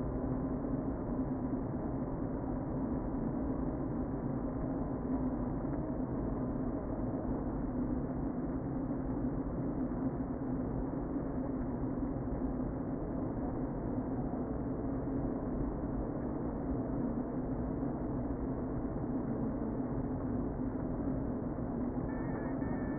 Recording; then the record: honeybee colony, microphone inside the hive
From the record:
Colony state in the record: queen present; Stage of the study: before two queens were removed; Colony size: about 60,000 bees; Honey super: yes